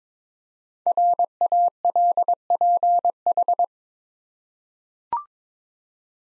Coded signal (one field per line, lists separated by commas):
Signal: Morse code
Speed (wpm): 22 wpm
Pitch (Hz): 700 Hz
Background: none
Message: RALPH